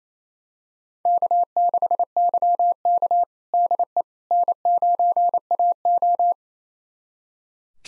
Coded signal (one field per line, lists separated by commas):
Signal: Morse code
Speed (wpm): 27 wpm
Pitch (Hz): 700 Hz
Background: none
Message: K6YK DE N9AO